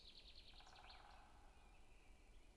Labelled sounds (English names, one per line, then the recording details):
Great Spotted Woodpecker
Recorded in Germany
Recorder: ecoPi